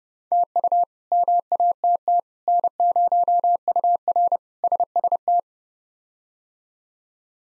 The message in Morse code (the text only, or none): TU MATT N0UR SST